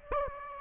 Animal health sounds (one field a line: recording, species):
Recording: mosquito wingbeat signal from an infrared sensor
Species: Aedes aegypti